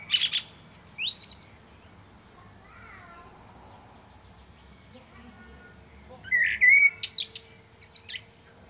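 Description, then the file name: Common blackbird song: the end of one phrase, then several seconds of quiet and a second phrase of fluted whistles ending in high squeaky twittering. "Turdus merula"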